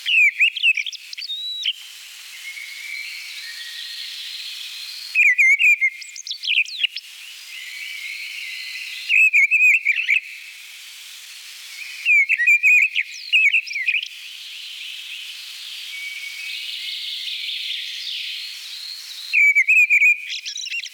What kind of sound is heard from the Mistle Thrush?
song